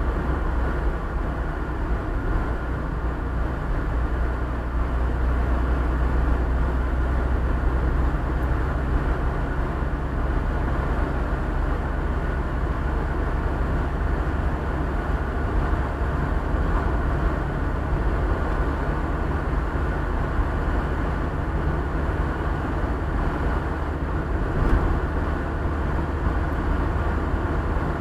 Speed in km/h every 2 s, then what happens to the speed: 63, 62, 61, 62, 63, 66, 67, 69, 71, 71, 71, 73, 73, 73.
0-5 steady at about 62. 5-16 speeds up to 71. 16-28 steady at about 71.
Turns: none.